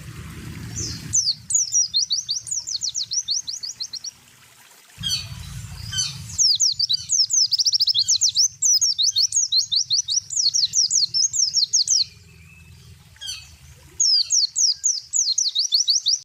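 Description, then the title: Spiderhunter song: repeated bursts of high, fast, sharply slurred notes separated by brief pauses, with occasional low rumbling noise. Long, clear, energetic song; bird-training tutor recording. "Pijantung Gunung Gacor Jernih Panjang"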